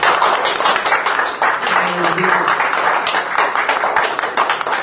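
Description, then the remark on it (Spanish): Steady, dense applause from a group of people for an interviewee at the close of a Radio La Mariposa program, many hands clapping together in a continuous loud patter that holds for several seconds without a break. “Cerramos con un fuerte aplauso a la entrevistada, a ver.”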